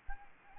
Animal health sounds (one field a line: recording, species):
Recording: mosquito wingbeat signal from an infrared sensor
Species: Anopheles gambiae